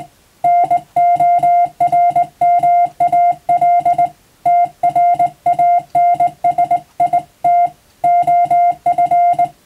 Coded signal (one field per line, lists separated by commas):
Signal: Morse code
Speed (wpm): 20 wpm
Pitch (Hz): 700 Hz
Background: music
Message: NORMAL TRANSIT OF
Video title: 無線通信士の国家試験の練習風景です。電鍵を操作する電気通信術の実技試験もあります。アマチュア無線ハムの受信練習にもどうぞ(morse code practice radio operator )